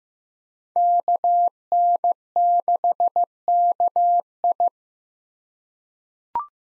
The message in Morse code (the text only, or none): KN6KI